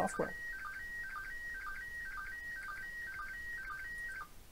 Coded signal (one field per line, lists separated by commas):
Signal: SSTV (slow-scan television)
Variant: PD 120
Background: speech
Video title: Introduction to CubicSDR in ARISS Radio Pi